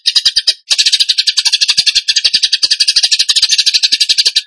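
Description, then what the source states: Bird with a short, fast chatter, a momentary pause, then an energetic stream of rapid, buzzy, high-pitched notes. Song in the 'tembakan gacor' style, used to train cage birds.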